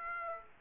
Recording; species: mosquito wingbeat signal from an infrared sensor; Aedes aegypti